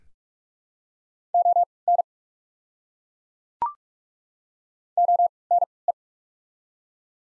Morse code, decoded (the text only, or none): ON ONE